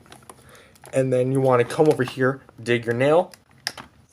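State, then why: Seated. A plastic shoulder and bicep arm extension piece on a Playmates Toys MonsterVerse Titan Tech Kong action figure is pried with a fingernail and flipped out. Someone talks over a few soft taps. A sharp, loud click at 3.7 s marks the extension locking into place.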